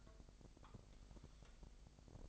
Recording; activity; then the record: daily activity, microphone in the room; take from stove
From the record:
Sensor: 5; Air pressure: 999.4 hPa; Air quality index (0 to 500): 224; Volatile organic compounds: 21 ppm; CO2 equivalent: 2736 ppm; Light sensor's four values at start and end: 30/68/28/27 and 32/73/29/29